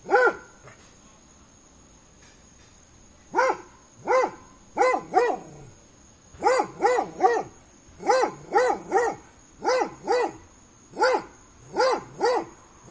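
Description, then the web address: Dog barks in uneven bursts, single and paired, many in all, over a thin steady high-pitched tone. Dog barking on a summer day. "aboiement de chien un jour dete"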